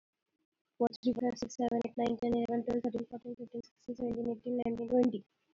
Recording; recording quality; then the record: counting at a fast pace; excellent, no background noise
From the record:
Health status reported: healthy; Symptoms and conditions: asthma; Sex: female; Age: 21 years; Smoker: not ticked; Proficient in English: yes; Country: India